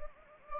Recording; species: mosquito wingbeat signal from an infrared sensor; Anopheles gambiae